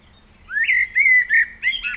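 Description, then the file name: Common blackbird song phrase: low fluted warbling notes rising and falling, then a short high squeaky twitter at the end. "Turdus merula"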